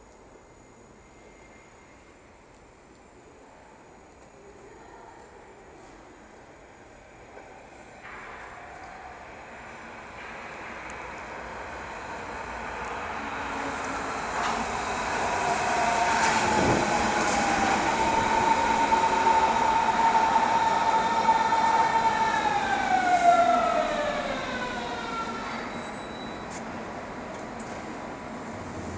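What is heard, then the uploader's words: A city train pulls in, its rumble building from quiet to loud around twenty seconds, with rising whines and squeals before easing off. S-Bahn from Jannowitzbrücke.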